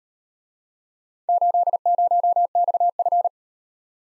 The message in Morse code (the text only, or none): 80XF